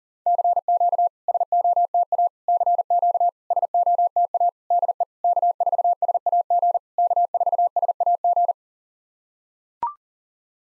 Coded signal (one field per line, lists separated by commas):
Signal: Morse code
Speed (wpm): 44 wpm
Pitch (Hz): 700 Hz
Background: none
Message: CQ SOTA CQ SOTA DE K4SAG K4SAG